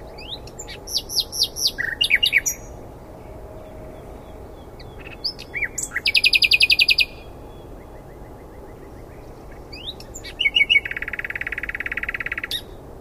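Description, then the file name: Common nightingale song in three phrases: rapid varied notes, a fast buzzy trill, and after a pause a long dense rattling trill. "Luscinia megarhynchos"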